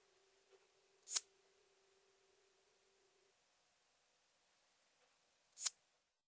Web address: Crickets and Katydids. Forktailed Bush Katydid, Scudderia furcata